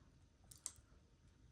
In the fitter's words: well yeah you should kind of feel it clicking once it's in there